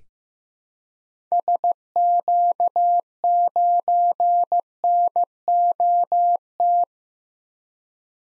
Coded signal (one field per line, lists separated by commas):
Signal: Morse code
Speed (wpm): 15 wpm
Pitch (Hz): 700 Hz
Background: none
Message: SQ9NOT